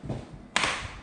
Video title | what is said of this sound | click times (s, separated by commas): Lowe’s United Window - How to install vinyl replacement window - United window and door from Lowe's | sounds like click sounds if you do that means we're good | 0.6 s